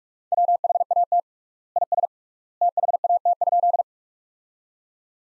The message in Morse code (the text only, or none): WHAT IS THAT?